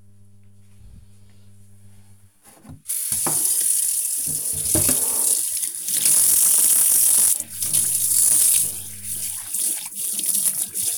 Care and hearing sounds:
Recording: household activities, microphone on the right wrist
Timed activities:
3.10-10.98 s: washing dishes

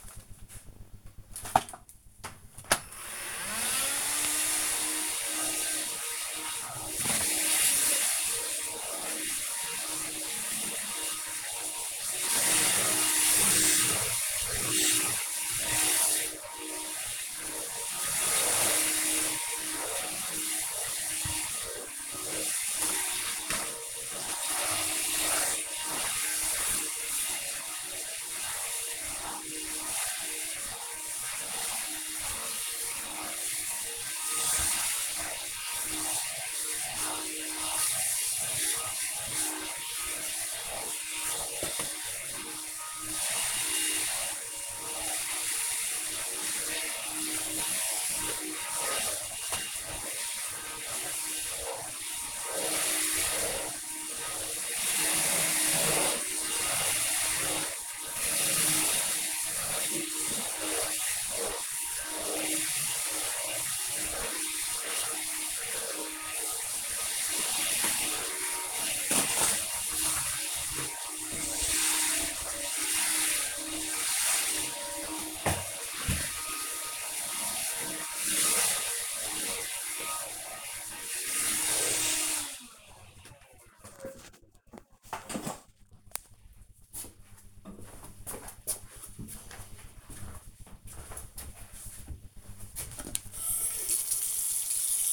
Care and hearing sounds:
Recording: household activities, microphone on the right wrist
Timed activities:
0.43-82.91 s: vacuum cleaning
91.98-95.13 s: brushing teeth

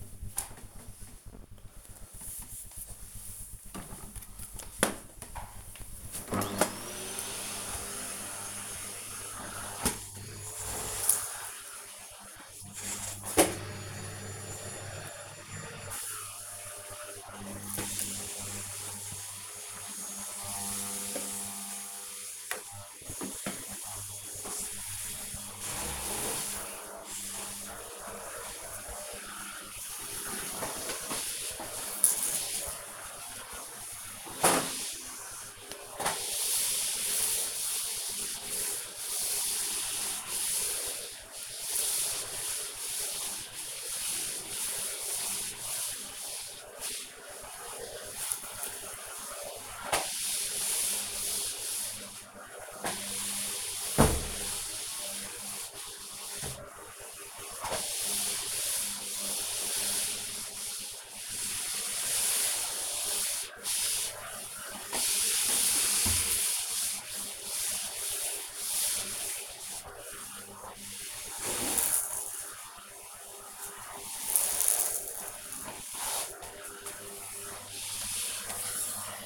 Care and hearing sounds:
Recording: household activities, microphone on the right wrist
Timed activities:
6.11-79.26 s: vacuum cleaning

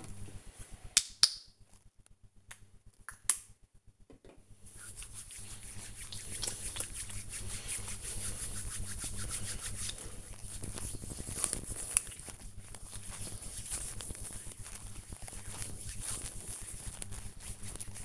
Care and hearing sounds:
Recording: household activities, microphone on the right wrist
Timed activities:
0.00-18.05 s: disinfecting hands

